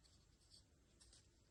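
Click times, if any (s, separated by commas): none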